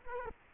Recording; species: mosquito wingbeat signal from an infrared sensor; Culex quinquefasciatus